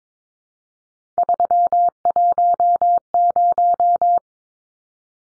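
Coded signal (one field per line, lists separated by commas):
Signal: Morse code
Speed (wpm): 22 wpm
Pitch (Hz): 700 Hz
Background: none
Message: 310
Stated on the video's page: Head-copy drill of three-digit numbers at 22 wpm, each number sent in Morse, spoken, then sent again.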